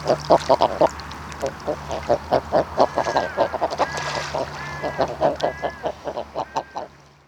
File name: eider a duvet - somateria mollissima